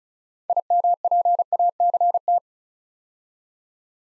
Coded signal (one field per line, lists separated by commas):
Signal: Morse code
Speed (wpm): 34 wpm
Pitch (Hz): 700 Hz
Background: none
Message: IMPACT